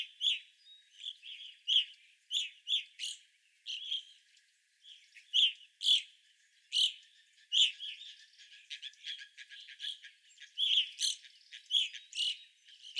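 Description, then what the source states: Evening grosbeak flock calls: many short, burry chirps given in quick irregular bursts, several birds overlapping throughout, with a few thin higher notes mixed in. Several birds, recorded 25 April 2021.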